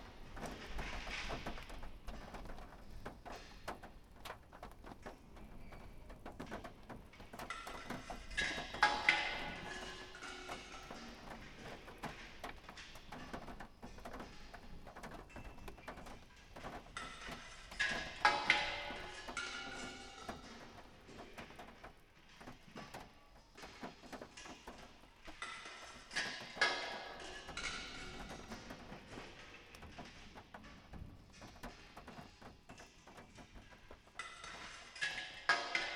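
Water drips from farmhouse gutters after a storm, a steady scatter of small taps and ticks at irregular intervals. Denser bursts of splashing come around 8–10 and 17–20 seconds and again near 26 seconds, over a faint low rumble throughout.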